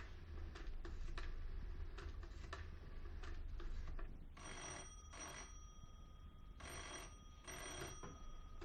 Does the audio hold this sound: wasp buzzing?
no